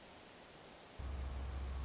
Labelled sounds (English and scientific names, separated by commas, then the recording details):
Hermit Thrush (Catharus guttatus)
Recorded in Sonoma County, California